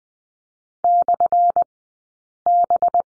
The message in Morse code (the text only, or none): /B